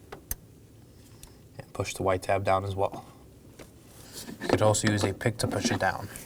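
An electrical connector is pushed down onto the oil pressure sender of a 2018-2024 Chevrolet Equinox 1.5L L4 and clicks into place at 0.3 s, followed by a couple of faint ticks. Someone then talks while the white locking tab is pushed down, leaving the connector seated.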